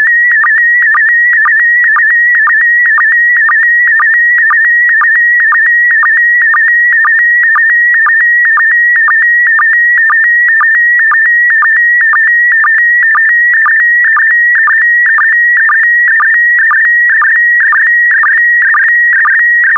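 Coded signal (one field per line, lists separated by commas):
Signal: SSTV (slow-scan television)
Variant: PD120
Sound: steady high warbling tone with rhythmic low sync blips about twice a second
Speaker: The next image transmission will start in 10 seconds. Five, four, three, two, one. Transmission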